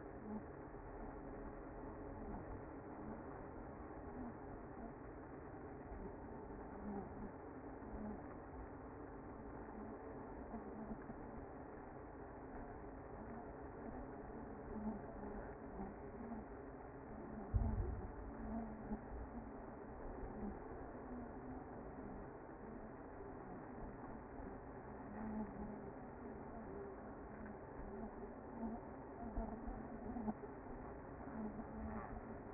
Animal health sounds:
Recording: honeybee colony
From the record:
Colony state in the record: active

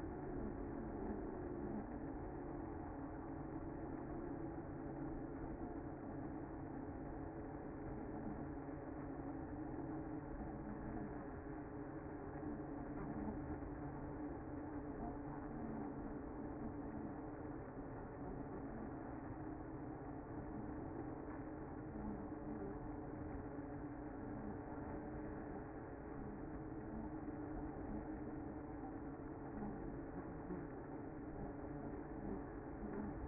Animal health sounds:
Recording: honeybee colony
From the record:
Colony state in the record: active

